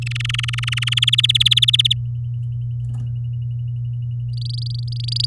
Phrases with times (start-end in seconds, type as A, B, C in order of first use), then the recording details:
0.02-0.99 A, 1.02-1.93 B, 4.33-5.25 C. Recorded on 10 May 2018 at 07:13. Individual llb16